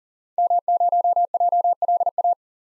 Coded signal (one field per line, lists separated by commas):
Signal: Morse code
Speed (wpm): 40 wpm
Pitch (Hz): 700 Hz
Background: none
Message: M0JLA